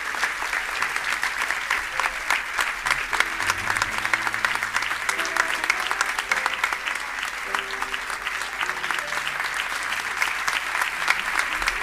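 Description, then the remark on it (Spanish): A large audience at a benefit concert for Aspanion gives a sustained ovation, dense clapping rolling on steadily and loudly for the whole stretch, with faint crowd voices murmuring underneath. “Ellos verdaderamente son los que se merecen esta ovación.”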